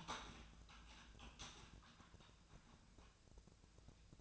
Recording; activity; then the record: daily activity, microphone in the room; typing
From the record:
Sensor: 2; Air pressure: 1000.0 hPa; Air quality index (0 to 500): 129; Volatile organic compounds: 2 ppm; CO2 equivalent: 1105 ppm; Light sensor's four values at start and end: 25/61/26/29 and 25/61/26/29